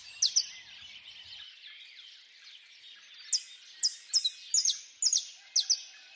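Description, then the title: Birds in a quiet background chorus, then a run of loud, sharp high chirps repeated about twice a second toward the end. Birds singing at dawn. "Pássaros Cantando No Amanhecer"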